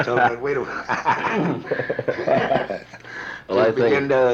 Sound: laughing